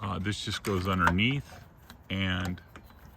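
A part of a used Thule roof rack foot system on a Ford Flex is tucked underneath into the foot assembly on the vehicle roof rail, where it is held by tension alone with no screw. Someone talks over faint handling noise with a small tap near 2.8 s. Nothing has seated or clicked yet.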